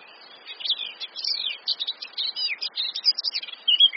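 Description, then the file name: Eurasian blackcap warble: a fast, continuous babble of scratchy chirps mixed with clear whistled notes. "Sylvia atricapilla"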